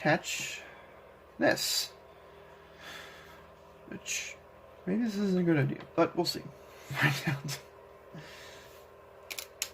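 Someone talks while pushing a painted plastic attachment onto a Nerf Scout Trooper EC-17 toy blaster body, and two short hits at 9.4 s and 9.6 s are the press-on noise. The attachment does not click in; nothing latches, and it just goes on and is probably stuck for good.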